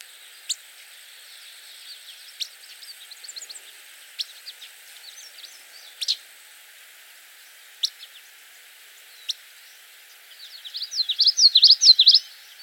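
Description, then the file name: Willow flycatcher calling: scattered soft, sharp high notes and ticks, then a loud rapid burst of buzzy, scratchy notes near the end. "Empidonax traillii - Willow Flycatcher"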